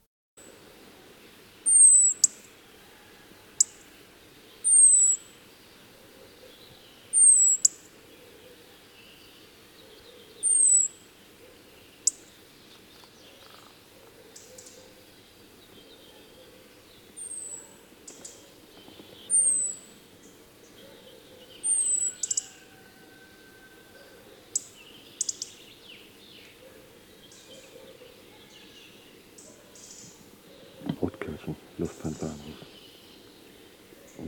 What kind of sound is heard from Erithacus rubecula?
call